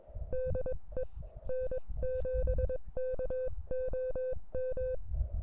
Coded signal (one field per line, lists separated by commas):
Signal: Morse code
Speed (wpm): 22 wpm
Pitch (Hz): 510 Hz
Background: none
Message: DE N7KOM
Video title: Granite Mountain Idaho SOTA | Summits on the Air |